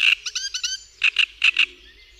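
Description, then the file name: Great reed warbler song: loud harsh croaking notes in two bursts, first a rapid grating series, then four strong repeated chack notes after a short pause. "Trzciniak"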